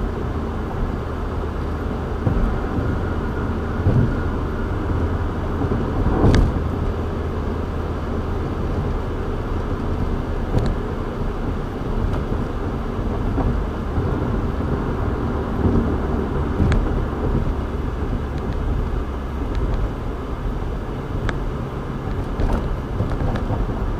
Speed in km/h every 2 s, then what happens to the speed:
97, 98, 100, 100, 101, 101, 95, 90, 87, 84, 84, 84.
0-10 steady at about 100. 10-18 slows to 84. 18-24 steady at about 84.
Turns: none.